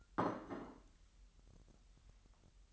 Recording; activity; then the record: daily activity, microphone in the room; place plate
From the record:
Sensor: 3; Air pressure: 1002.0 hPa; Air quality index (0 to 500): 247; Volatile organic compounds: 51 ppm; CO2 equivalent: 3306 ppm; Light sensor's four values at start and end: 12/37/16/13 and 12/37/16/13